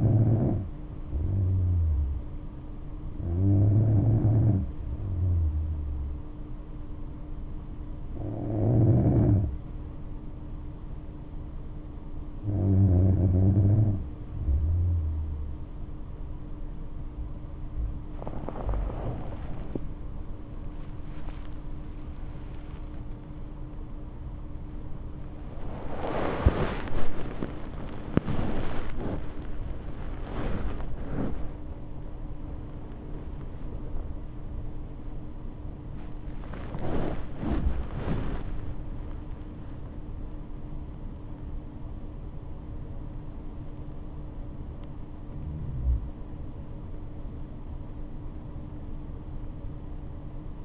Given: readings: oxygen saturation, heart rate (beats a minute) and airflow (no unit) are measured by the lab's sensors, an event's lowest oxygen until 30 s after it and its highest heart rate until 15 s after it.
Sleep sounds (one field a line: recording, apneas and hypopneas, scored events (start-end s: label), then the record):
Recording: breathing in sleep by a smartphone at the bedside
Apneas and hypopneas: 1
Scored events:
7.00-31.50 s: hypopnea (N2, oxygen 97% highest, then 96% lowest, heart rate 67 at the start, 87 highest)
From the record:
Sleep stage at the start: N2 (light sleep)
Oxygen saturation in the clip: 94 to 97%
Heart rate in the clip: 63 to 87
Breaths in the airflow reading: 10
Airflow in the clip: -9.5 to 10.6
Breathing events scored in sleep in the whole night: 228 in 5.4 hours asleep